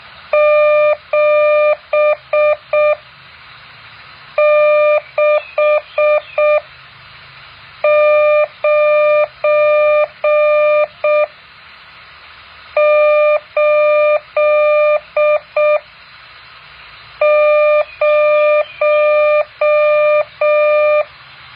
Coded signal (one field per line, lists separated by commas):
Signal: Morse code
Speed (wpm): 6 wpm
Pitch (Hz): 600 Hz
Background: none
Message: 76980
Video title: แบบฝึกหัด Morse code 8.4